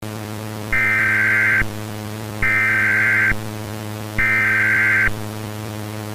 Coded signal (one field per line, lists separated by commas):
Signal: Emergency Alert System (SAME) tones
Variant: header bursts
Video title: eas scenario catemojibabyheat part 109 creeper attacks pig